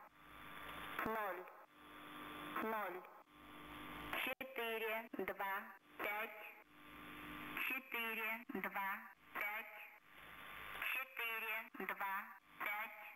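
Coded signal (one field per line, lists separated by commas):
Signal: numbers station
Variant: S06s, automated female voice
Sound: automated female voice reading short, evenly spaced numbers, harsh and overmodulated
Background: radio static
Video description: Ukrainian Number Station sends no message to spies. 425 00000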